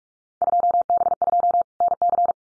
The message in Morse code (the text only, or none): 2B2 NC